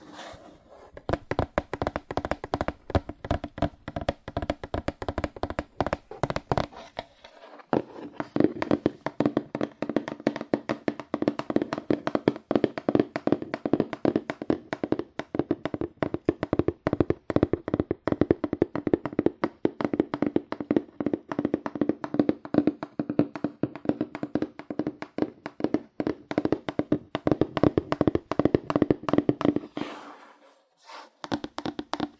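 Fast, aggressive tapping on cardboard runs almost the whole time as a dense stream of sharp, hollow taps. A brief lull comes just before 8 seconds, then the tapping resumes thicker and steadier. It thins and nearly stops around 30 seconds before a final short burst.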